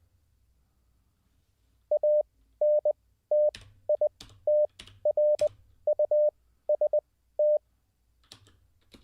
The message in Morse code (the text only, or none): ANTITRUST